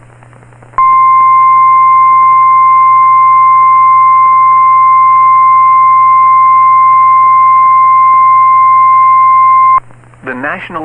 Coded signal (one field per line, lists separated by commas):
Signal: Emergency Alert System (SAME) tones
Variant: 1050 Hz attention tone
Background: speech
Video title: EAS #1,898 Online NOAA Weather Radio Severe T’storm Warning #11 5/15/25